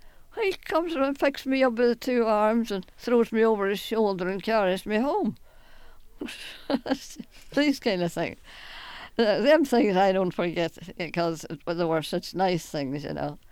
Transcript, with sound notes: he comes around and picks me up in his two arms and throws me over his shoulder and carries me home. ( she laughs ) These kind of thing. Them things I don't forget, because they were such nice things, you know.